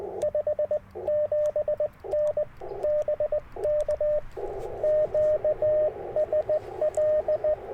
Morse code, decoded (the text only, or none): 57N BK QSL